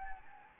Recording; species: mosquito wingbeat signal from an infrared sensor; Anopheles gambiae